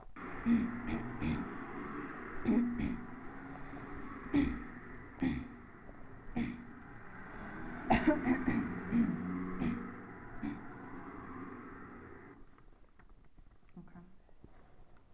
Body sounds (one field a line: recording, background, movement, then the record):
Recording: throat clearing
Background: traffic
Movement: sitting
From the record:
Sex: female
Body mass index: 22.6 kg/m2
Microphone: on the chest, facing the body